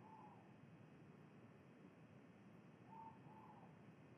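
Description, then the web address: Ivory-breasted pitta call: a two-note whistle heard once in full, with a cut-off phrase at the start, over steady low hiss. Indonesia. "ULM-DS-Lab indonesian-bird-sounds. Pitta maxima"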